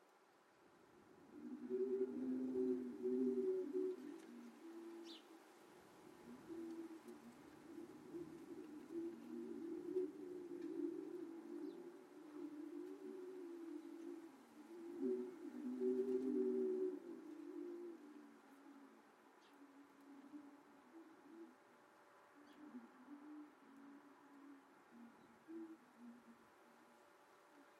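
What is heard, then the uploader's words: Wind organs in a front yard hum low, overlapping tones that swell around three, ten and sixteen seconds, then fade to a quieter drone. Leeton hums. Longtime listeners might recognise the hum of Leeton's rice facility from previous projects and this recording includes my army of wind organs, which were installed in the front yard for an Art Trail last weekend. Recorded by Bassling.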